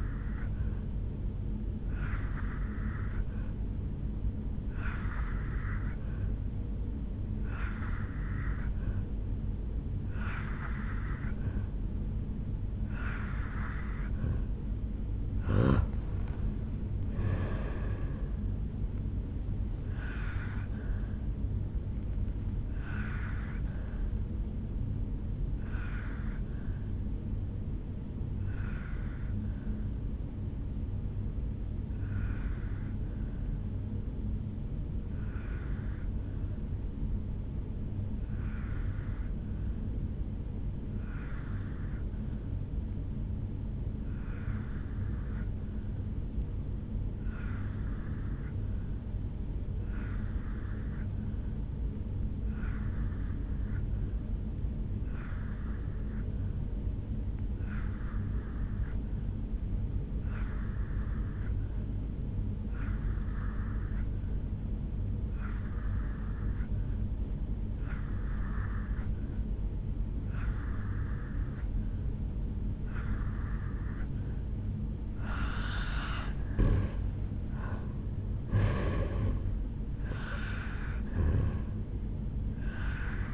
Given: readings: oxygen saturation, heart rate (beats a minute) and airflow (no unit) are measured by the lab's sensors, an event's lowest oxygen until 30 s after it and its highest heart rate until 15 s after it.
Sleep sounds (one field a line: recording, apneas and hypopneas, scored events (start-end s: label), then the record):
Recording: breathing in sleep by a smartphone at the bedside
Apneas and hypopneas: 2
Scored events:
3.00-17.60 s: hypopnea (N2, oxygen 86% highest, then 86% lowest, heart rate 75 at the start, 78 highest)
13.00-43.00 s: new sleep stage, N1 (lightest sleep)
29.00-77.20 s: hypopnea (N1, oxygen 96% highest, then 84% lowest, heart rate 63 at the start, 77 highest)
43.00-83.34 s: new sleep stage, N2 (light sleep)
From the record:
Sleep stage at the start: N2 (light sleep)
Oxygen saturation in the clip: 84 to 96%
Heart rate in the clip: 61 to 78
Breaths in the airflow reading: 20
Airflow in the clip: -11.1 to 6.4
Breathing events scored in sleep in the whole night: 449 in 7.0 hours asleep